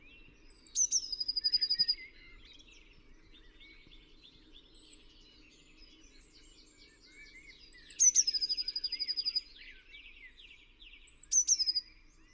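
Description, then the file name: Eurasian blue tit calls: thin, high notes slurring downward, then a fast buzzy churring chatter, in three bouts over about twelve seconds; a faint low hum underneath. "Cyanistes caeruleus"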